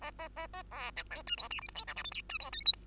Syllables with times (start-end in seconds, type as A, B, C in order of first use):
0.01-0.11 A, 0.18-0.29 A, 0.36-0.47 A, 0.53-0.62 A, 0.71-0.92 B, 0.97-1.03 C, 1.10-1.23 D, 1.27-1.36 E, 1.37-1.49 F, 1.50-1.60 G, 1.61-1.68 H, 1.68-1.75 I, 1.75-1.85 J, 1.87-1.95 K, 1.96-2.03 L, 2.04-2.11 M, 2.11-2.22 N, 2.29-2.38 E, 2.40-2.51 F, 2.52-2.65 O, 2.65-2.73 P, 2.73-2.85 Q